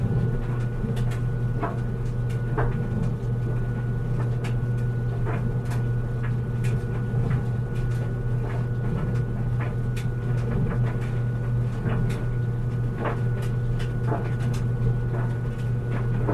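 A clothes dryer running on high, with a steady, deep drone that never changes in level. Light clicks and soft knocks from the tumbling load land irregularly every second or so over the hum, and a faint thin whine sits above it throughout.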